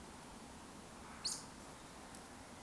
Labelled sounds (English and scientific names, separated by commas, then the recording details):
Eurasian Woodcock (Scolopax rusticola) whistle
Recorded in Baden-Württemberg, Germany, on 18 June 2021 at 19:32 UTC
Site 49334, 1074 m above sea level